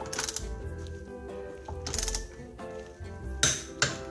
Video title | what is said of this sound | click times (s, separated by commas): Seasonal Tire Change Tutorial! [In-Depth & Beginner Friendly] | the click you've got to do it until you hear that click | 3.4 s, 3.8 s